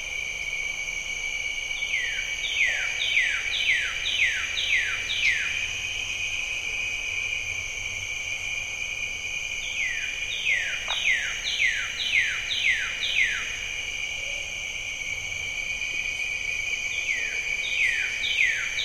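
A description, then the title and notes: Bird-voiced treefrogs call in evening rounds of quick, falling whistles, each burst of about seven notes lasting a few seconds, near 2, 10 and 17 seconds. Steady high insect trills run throughout, over a soft low hum. Jessamine Bayou is a seasonally flooded forest in the heart of America's Amazon, the Mobile-Tensaw River Delta. These recordings are taken from overnight "drop rigs" left at the edge of a tributary surrounded cypress swamp and adjacent to a field of saw palmetto. In the evening a diffuse chorus of bird-voiced treefrogs. Crickets and katydids tune up.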